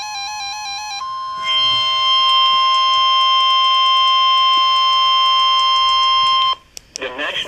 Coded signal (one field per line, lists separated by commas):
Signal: Emergency Alert System (SAME) tones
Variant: 1050 Hz attention tone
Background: speech, music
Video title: (DOUBLE HEADER) 2 Areal Flood Warnings (EAS #297-#298)